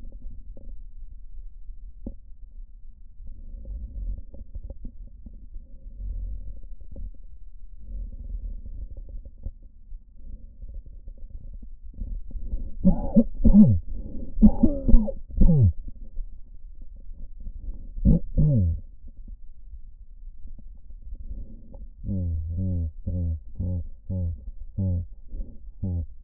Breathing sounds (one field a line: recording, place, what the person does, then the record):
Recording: lung sounds by stethoscope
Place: left posterior apical chest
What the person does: quiet breathing, then cough and speech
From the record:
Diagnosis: none (healthy)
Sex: male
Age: 34 years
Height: 174 cm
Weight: 93 kg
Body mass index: 30.7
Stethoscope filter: diaphragm mode